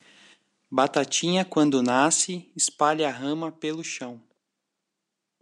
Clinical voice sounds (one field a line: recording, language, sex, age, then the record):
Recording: short text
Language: Brazilian Portuguese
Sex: male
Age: 30 to 39 years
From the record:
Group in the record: control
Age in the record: 34 years